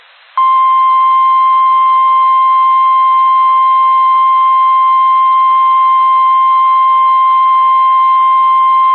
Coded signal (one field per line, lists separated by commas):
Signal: Emergency Alert System (SAME) tones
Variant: 1050 Hz attention tone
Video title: FLASH FLOOD WARNING (EAS ALERT 157)